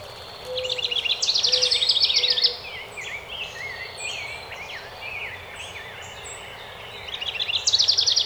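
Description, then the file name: House wren song, an energetic trill of fast notes, then a second song begins near the end, with chirps and whistles between songs. Recorded 12 May 2018. "2018-05-12 HOWR"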